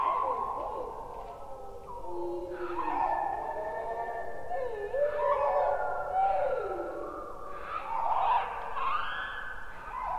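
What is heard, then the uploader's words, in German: Slowed-down birdsong, unpitched, turns into deep, drawn-out roaring calls that swoop and glide, overlapping continuously like bellowing dinosaurs with a low rumble beneath. Wenn man Vögel langsamer abspielt und danach nicht mehr die Tonhöhe korrigiert, dann klingen die Tiere wie brüllende Dinosaurier.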